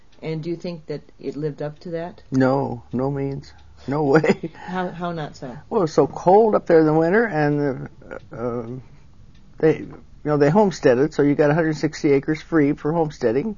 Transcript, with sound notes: And do you think that it lived up to that?
No. No means, no way! (Laughs)
How not so?
Well it was so cold up there in the winter, and the - uh - uh - um - they - you know they homesteaded, so you got a hundred and sixty acres free for homesteading.